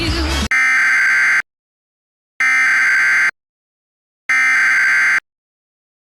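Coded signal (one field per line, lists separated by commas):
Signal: Emergency Alert System (SAME) tones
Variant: header bursts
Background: speech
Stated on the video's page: Fictional EAS scenario, not a real alert.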